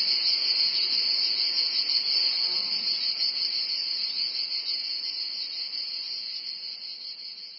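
Cicada giving a continuous high-pitched whine, unbroken, fading toward the end.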